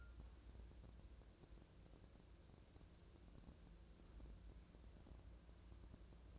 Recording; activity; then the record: daily activity, microphone in the room; wipe stove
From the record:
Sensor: 2